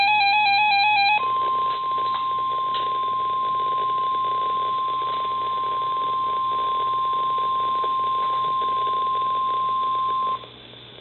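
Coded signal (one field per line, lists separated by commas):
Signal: Emergency Alert System (SAME) tones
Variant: 1050 Hz attention tone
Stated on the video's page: Required weekly test received from NOAA weather radio station KZZ65 in Bloomington, Illinois.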